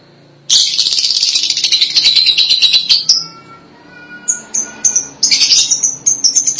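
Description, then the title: Lovebird pouring out about three seconds of continuous shrill, scratchy chatter, then short high chirps and another squeaky burst. "BM Suara Burung Lovebird"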